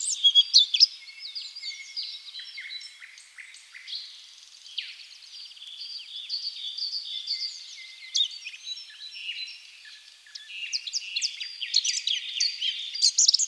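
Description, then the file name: Eurasian blackcap song, busy warbling with sharp whistled and chattering notes, loud at the start, softer in the middle, and building again near the end. "Sylvia atricapilla"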